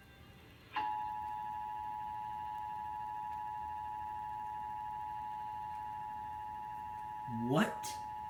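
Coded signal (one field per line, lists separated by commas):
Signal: Emergency Alert System (SAME) tones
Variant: 853 and 960 Hz attention tone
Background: speech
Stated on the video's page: Richmond monthly EAS test on WTVR, sent a week late.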